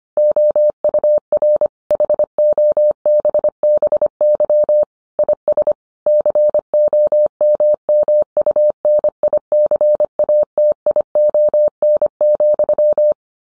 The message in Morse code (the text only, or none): OUR HOBBY IS COMMUNICATION,